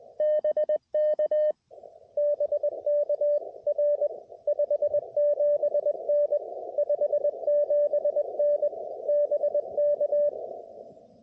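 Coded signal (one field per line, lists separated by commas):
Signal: Morse code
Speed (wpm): 20 wpm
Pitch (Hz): 610 Hz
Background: radio noise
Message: BK BK R 57N 57N BK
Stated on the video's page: First CW SOTA activation from a summit, made on a backup rig after forgetting the main rig's battery.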